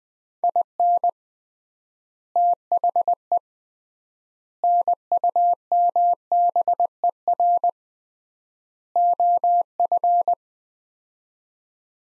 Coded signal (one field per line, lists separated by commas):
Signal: Morse code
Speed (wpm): 21 wpm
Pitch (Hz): 700 Hz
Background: none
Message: IN THE NUMBER OF